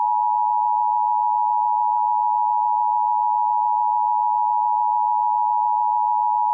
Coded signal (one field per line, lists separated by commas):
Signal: Emergency Alert System (SAME) tones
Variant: 853 and 960 Hz attention tone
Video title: EAS Scenario - Majora's Mask